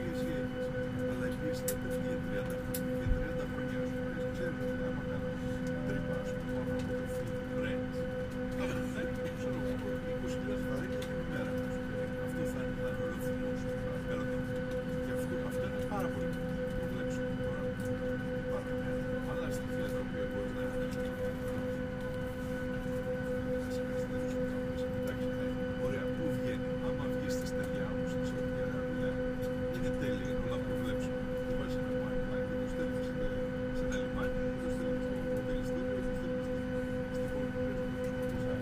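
Steady drone inside an airliner cabin, a low roaring rumble with a strong, unchanging hum at several fixed pitches throughout. Faint voices murmur beneath the engine noise, and a brief knock sounds near the start.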